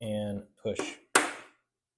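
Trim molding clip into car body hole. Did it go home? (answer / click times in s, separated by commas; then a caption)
yes / 1.2 s. A plastic trim molding clip is pushed into its hole in the steel body panel of a 1968 Volkswagen Beetle while someone talks. At 1.2 s a sharp snap is heard as the clip seats in place, followed by a brief decaying rattle.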